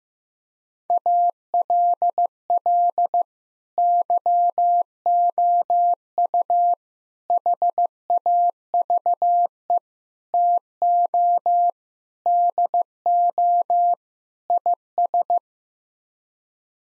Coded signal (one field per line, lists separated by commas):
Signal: Morse code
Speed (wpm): 16 wpm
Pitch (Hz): 700 Hz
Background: none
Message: ALL YOU HAVE TO DO IS